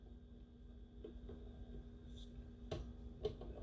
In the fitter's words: Make sure you line it up, and you hear that click.